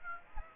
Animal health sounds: mosquito wingbeat signal from an infrared sensor; Aedes aegypti

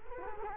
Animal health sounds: mosquito wingbeat signal from an infrared sensor; Culex quinquefasciatus

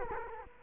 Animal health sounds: mosquito wingbeat signal from an infrared sensor; Culex quinquefasciatus

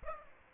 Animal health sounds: mosquito wingbeat signal from an infrared sensor; Aedes aegypti

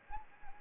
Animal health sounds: mosquito wingbeat signal from an infrared sensor; Anopheles gambiae

